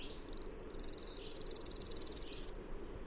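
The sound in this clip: Bird giving one sustained high trill of fast, regular pulses, about two seconds long, swelling gradually and then cutting off sharply.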